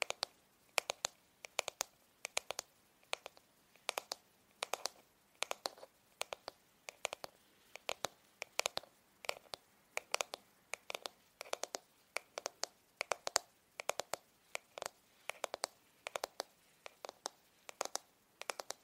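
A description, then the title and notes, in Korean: A hair straightener in use, with sharp, bright clicks and short snaps coming in loose clusters, roughly two or three per second, all the way through. Faint brushing swishes sit between the clicks, and the background stays quiet otherwise. Hair brushing. 슥슥 고데기 하는 소리.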